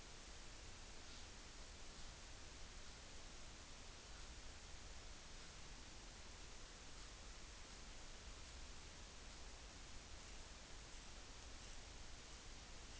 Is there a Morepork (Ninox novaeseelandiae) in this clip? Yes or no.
no